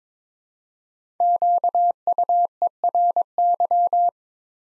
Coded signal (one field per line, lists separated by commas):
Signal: Morse code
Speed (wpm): 22 wpm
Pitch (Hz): 700 Hz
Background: none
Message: QUERY